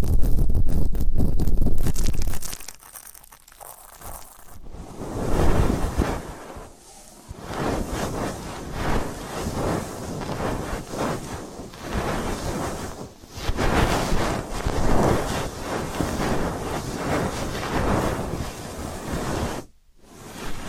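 Deep ear canal and eardrum cleaning sounds: dense, rushing scratchy rubbing that swells and fades in uneven waves, like surf or wind. A loud burst opens, a quieter dip follows near three seconds, and a brief near-silence comes around twenty seconds.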